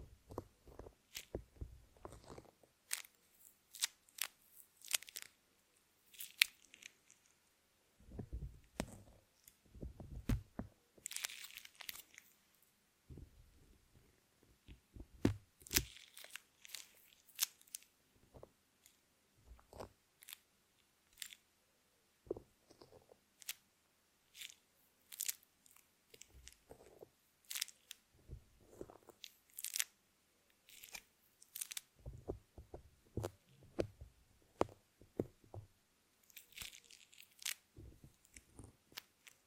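Crinkling, squeezing and scratching come in irregular clusters of short, crackly bursts that reach from low thumps up to bright hiss. Busier stretches around 8–11, 15–18 and 32–35 seconds give way to sparser taps and small scrapes, with near silence between.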